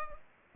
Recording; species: mosquito wingbeat signal from an infrared sensor; Culex pipiens